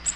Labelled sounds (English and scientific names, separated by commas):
Cape May Warbler (Setophaga tigrina) flight call